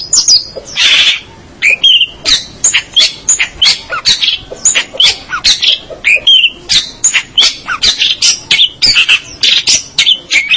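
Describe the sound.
Long-tailed shrike song: rapid, varied chatter of high squeaky whistles, slurred notes and short rasps running on without pause.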